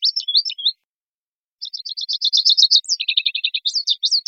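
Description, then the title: American goldfinch singing: a short high twitter, a pause, then a fast run of repeated chattering notes ending in rising and falling sweeps. "American Goldfinch - Spinus Tristis - Songs"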